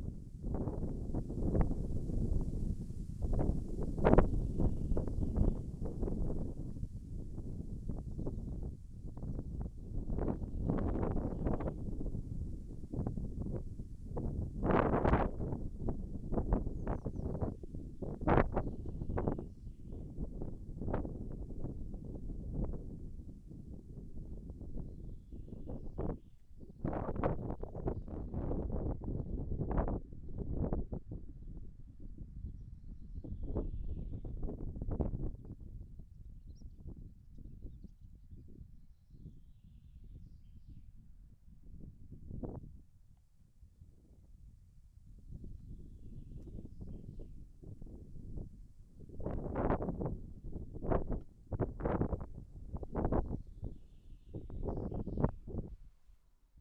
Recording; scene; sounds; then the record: everyday scene through a hearing-aid microphone; wind on the microphone; wind, birds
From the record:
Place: in front of a rural house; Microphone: behind the ear, left, rear